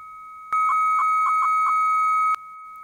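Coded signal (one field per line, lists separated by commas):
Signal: 300-baud modem data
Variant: Bell 103, originate side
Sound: two steady tones for about two seconds, with five short warbles as characters are typed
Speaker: then when i type we hear this so that's sending from the originating modem to the answering modem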